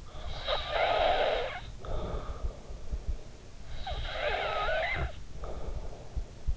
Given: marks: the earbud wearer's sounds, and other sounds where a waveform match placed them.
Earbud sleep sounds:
sounds in sleep by an in-ear microphone; snoring breath
0.14-2.97 s: snoring breath
3.60-6.57 s: snoring breath

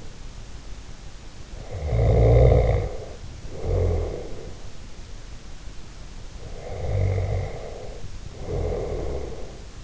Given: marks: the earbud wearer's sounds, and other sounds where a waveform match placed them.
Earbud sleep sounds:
sounds in sleep by an in-ear microphone; snoring breath
1.72-4.77 s: snoring breath
6.71-9.84 s: snoring breath

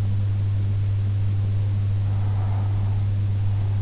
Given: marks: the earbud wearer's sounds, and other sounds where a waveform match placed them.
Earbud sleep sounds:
sounds in sleep by an in-ear microphone; breath
1.79-3.79 s: breath

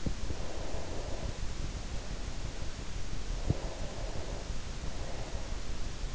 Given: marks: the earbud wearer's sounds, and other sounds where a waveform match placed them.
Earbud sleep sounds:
sounds in sleep by an in-ear microphone; breath
0.28-5.74 s: breath

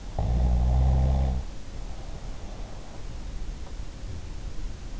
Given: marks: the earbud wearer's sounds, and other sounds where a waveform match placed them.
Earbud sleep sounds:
sounds in sleep by an in-ear microphone; snoring breath
0.04-2.93 s: snoring breath

